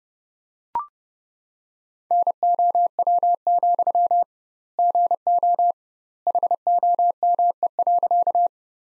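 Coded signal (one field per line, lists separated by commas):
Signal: Morse code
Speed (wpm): 30 wpm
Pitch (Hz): 700 Hz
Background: none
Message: NOW, GO HOME.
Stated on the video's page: Morse practice sentences from the top 200 words at 30 wpm with double word spacing, a Farnsworth-like method applied to words.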